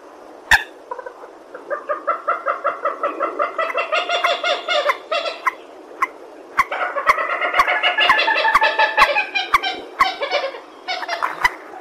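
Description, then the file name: Purple swamphen chattering in long runs of nasal, harmonic cackles, with isolated sharp clicks scattered throughout. "tieng trich re keu"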